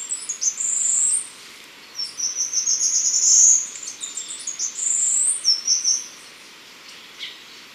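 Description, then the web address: Choco Warbler song: high, thin twittering phrases of one to two seconds each, with rapid trills and a long bright buzzy run in the middle, separated by short pauses. Ecuador. "Birds of Ecuador. Choco Warbler"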